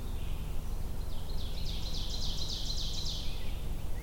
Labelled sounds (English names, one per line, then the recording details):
Ovenbird song
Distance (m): 70 m
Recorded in boreal forest in Alberta, Canada, on 22 June 2016 at 08:30
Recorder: SongMeter 3, array SBT-6-76
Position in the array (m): 307 m, 74 m
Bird 1